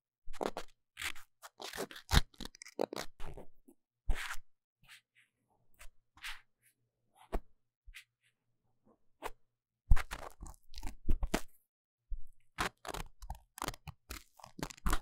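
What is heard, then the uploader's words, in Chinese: Deep cleaning of a microphone's ears: bursts of crisp scraping and crunching, rubbing against the mic in quick clusters. Busy stretches around the start, near ten seconds, and toward the end are separated by quieter gaps with only a low faint hum. 麥克風耳朵深度清潔。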